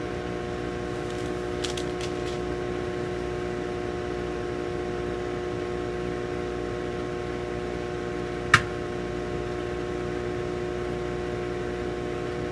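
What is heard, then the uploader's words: A microwave hums steadily with a low, even drone while popcorn cooks, a few faint ticks near the start and one sharp pop around eight seconds. ASMR｜Making Microwave Popcorn.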